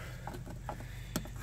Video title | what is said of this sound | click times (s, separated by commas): How to replace mazda tribute coil packs & intake gaskets | here just snaps | 1.2 s